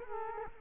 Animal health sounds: mosquito wingbeat signal from an infrared sensor; Culex quinquefasciatus

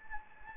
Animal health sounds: mosquito wingbeat signal from an infrared sensor; Anopheles gambiae

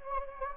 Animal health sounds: mosquito wingbeat signal from an infrared sensor; Anopheles gambiae

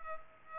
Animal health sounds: mosquito wingbeat signal from an infrared sensor; Culex pipiens

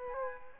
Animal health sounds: mosquito wingbeat signal from an infrared sensor; Culex quinquefasciatus

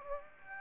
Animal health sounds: mosquito wingbeat signal from an infrared sensor; Aedes aegypti

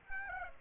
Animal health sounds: mosquito wingbeat signal from an infrared sensor; Aedes aegypti

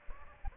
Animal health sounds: mosquito wingbeat signal from an infrared sensor; Aedes aegypti

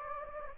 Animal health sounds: mosquito wingbeat signal from an infrared sensor; Anopheles gambiae

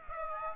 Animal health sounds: mosquito wingbeat signal from an infrared sensor; Aedes aegypti

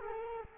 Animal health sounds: mosquito wingbeat signal from an infrared sensor; Culex quinquefasciatus

